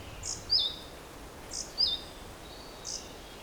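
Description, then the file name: Great tit sounding a high note then a lower hooked note, the pair heard twice and begun a third time. "Parus major"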